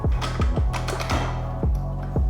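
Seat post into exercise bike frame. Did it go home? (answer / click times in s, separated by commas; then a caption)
no / none. A seat post slides down through the metal frame of an exercise bike toward its lowest setting, with small mechanical sounds and a few brief knocks under background music. The locking pin has not engaged and nothing has clicked yet.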